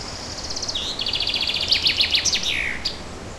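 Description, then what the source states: Bird song: fast, high-pitched trilled phrases with a dropping note and sharp chirps, delivered in quick bursts over steady outdoor background hiss. Forest ambience.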